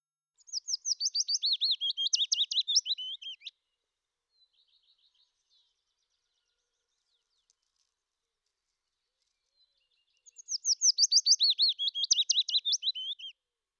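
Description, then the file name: Willow warbler song: two sweet, descending cascades of whistled notes, each about three seconds long, separated by roughly seven seconds of near silence with a few faint ticks. "fitis"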